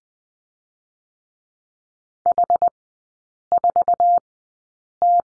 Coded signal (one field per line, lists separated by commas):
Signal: Morse code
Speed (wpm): 20 wpm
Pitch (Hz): 700 Hz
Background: none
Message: H4T